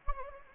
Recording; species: mosquito wingbeat signal from an infrared sensor; Anopheles gambiae